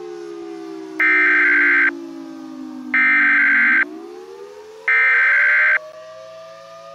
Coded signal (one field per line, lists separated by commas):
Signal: Emergency Alert System (SAME) tones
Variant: header bursts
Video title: EAS Scenario 1: The Pascagoula Plane Incident [Read Desc]